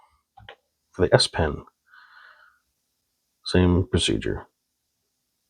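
During an S24 Ultra screen replacement, the small flex connector for the stylus module is handled over its board socket, using the same procedure as before. Two brief faint taps are heard around 0.4 and 0.5 seconds while someone talks. The clip ends before the connector goes home, so nothing has seated or clicked yet.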